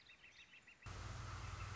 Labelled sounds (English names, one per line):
Northern Flicker